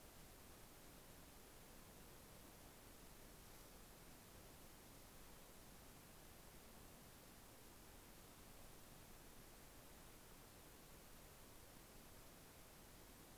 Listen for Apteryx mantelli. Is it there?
no